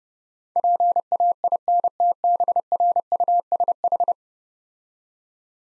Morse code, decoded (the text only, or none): PAINTBRUSH